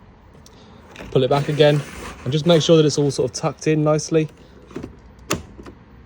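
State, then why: Seated. A thin plastic pleated blind or screen in a motorhome window frame is pulled back and tucked in while someone talks. A sharp click at 5.3 s marks its catch engaging, and the blind is seated in place.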